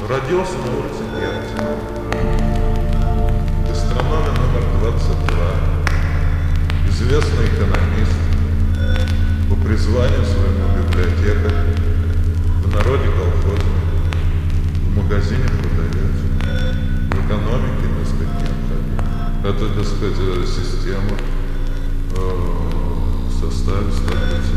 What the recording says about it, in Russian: Явление шизофазии заключается в том, что предложения построены правильно, но содержание становится совершенно бессмысленным.